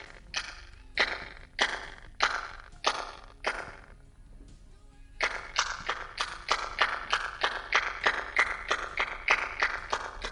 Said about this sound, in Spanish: Si nuestras palmadas sonaran en el centro del monumento, el eco que nos devolvería esta estructura de 4.000 años de antigüedad sería este.